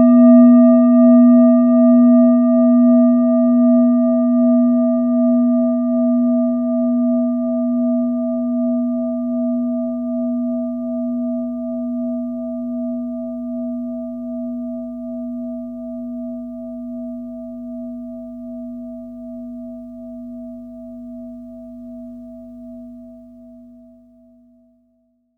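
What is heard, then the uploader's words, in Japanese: A singing bowl rings out with a steady low tone and a few fainter, higher overtones that shimmer with a slow, regular wobble. The sound fades gradually over about twenty-five seconds, the upper tones dying away first until only the low hum remains. シンギングボウル瞑想。古くからある金属製の楽器で、ボウルの形をしており、瞑想などで使用されます。シンギングボウルの音色。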